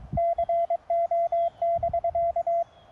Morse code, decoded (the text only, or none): CO<BK>